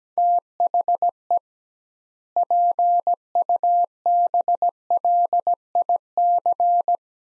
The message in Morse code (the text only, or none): THE PUBLIC